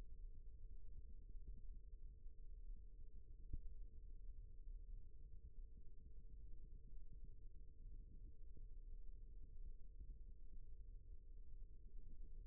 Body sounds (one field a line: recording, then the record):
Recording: forearm muscle sounds (acoustic myography)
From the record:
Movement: rest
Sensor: system 1, eight BSWA MPA416 microphones around the upper forearm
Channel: 3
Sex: female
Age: 22 years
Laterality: right